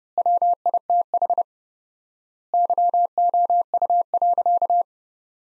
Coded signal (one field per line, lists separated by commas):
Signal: Morse code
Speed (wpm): 30 wpm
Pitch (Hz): 700 Hz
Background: none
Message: WITH YOU.